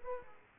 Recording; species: mosquito wingbeat signal from an infrared sensor; Aedes aegypti